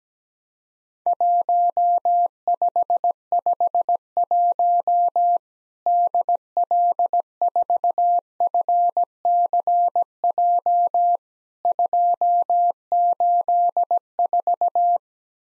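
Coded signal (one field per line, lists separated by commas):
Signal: Morse code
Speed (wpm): 17 wpm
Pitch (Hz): 700 Hz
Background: none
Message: 1551 DL4FCJ 284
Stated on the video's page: Morse practice of Worked All Europe DX Contest QTC exchanges at 17 wpm, each sent in Morse, then spoken, then sent again.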